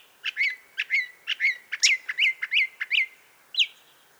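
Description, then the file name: Northern mockingbird singing a rapid series of many clear, harmonic chirps, ending with a higher separate note. "Northern Mockingbird - Mimus polyglottos"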